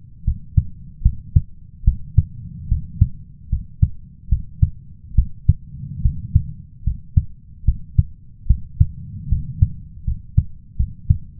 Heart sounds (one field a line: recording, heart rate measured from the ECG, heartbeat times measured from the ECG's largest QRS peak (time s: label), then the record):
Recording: heart sounds by stethoscope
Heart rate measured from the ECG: 74 bpm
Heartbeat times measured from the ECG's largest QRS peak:
0.24 s: heartbeat
1.02 s: heartbeat
1.84 s: heartbeat
2.68 s: heartbeat
3.49 s: heartbeat
4.29 s: heartbeat
5.15 s: heartbeat
6.02 s: heartbeat
6.83 s: heartbeat
7.64 s: heartbeat
8.46 s: heartbeat
9.28 s: heartbeat
10.04 s: heartbeat
10.76 s: heartbeat
From the record:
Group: healthy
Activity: rest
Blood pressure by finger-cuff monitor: 101/74 mmHg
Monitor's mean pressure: 83 mmHg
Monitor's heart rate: 74 bpm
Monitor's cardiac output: 5.2 L/min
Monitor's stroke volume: 70 mL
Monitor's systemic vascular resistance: 1140 dyn s/cm5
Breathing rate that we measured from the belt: 18 breaths a minute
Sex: male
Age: 21 years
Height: 170 cm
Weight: 71 kg